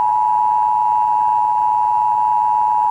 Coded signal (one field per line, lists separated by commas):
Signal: Emergency Alert System (SAME) tones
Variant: 853 and 960 Hz attention tone